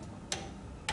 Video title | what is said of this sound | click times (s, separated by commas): MAV® KEYLESS LOCKING DEVICE ASSEMBLY TRAINING | there's our click | 0.3 s, 0.9 s